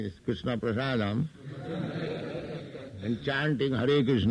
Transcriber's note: laughter